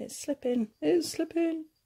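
A plastic safety eye washer is being pushed onto the eye's stem through the crocheted fabric of an amigurumi head while someone talks. The washer has not seated or clicked yet.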